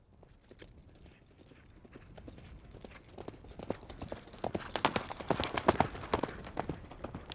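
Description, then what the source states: Horse cantering, soft irregular hoofbeats on dirt that grow louder and sharper toward the end as the animal passes. Horse cantering past on dirt.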